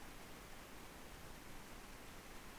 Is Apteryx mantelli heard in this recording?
no